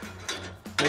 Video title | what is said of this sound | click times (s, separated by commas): Snorkel Electric Scissor Lift "Do It Daily" Pre-Start Inspection | sure they lock into place | 0.8 s